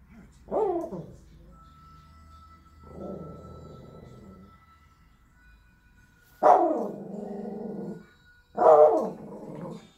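Spitz dog giving a few sharp barks that trail into sustained, droning whines, spaced by pauses, over a faint steady high tone.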